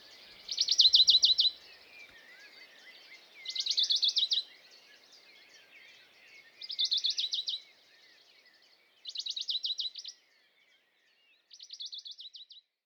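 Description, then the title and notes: Western Bonelli's warbler singing five dry, even trills spaced roughly every two and a half to three seconds, fading slightly, with quiet background birdsong. Dawn chorus, 6 May 2020, Piste aux espagnols, Valmaravel, Drôme; unpaired bird perched on a small pine branch, rapid courtship song to attract a female; Nagra Seven recorder, MKH40 microphone. "CHORUS DE BONELLI. 06 mai 2020-Piste aux espagnols - Valmaravel - Drôme - Nagra seven - mkh40 Le chorus (lever du jour des oiseaux) est très intéressant ce matin de mai par ce chant étonnant du Pouillot de Bonelli (Phylloscopus bonelli)"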